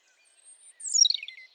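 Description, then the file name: European robin with a brief thin whistle leading into a cascading, falling phrase of squeaky, tinkling notes. "Erithacus rubecula"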